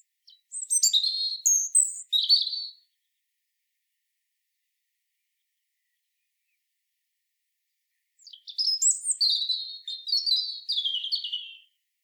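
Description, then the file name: European robin song: a short sparkling phrase of high twitters and whistles, a silence of roughly five seconds, then a longer descending warble. "Erithacus rubecula"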